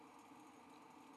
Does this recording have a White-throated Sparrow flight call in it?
no